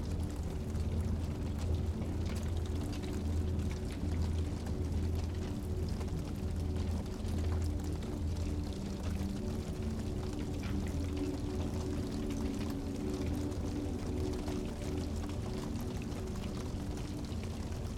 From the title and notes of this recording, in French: Son du FEU Authentique et une MUSIQUE Envoûtante. Le crépitement réconfortant du feu se mêle à une musique douce et envoûtante.